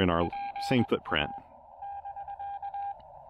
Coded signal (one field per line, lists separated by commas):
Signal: Morse code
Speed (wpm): 19 wpm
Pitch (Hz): 810 Hz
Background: speech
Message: PA <BK>